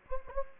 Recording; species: mosquito wingbeat signal from an infrared sensor; Anopheles gambiae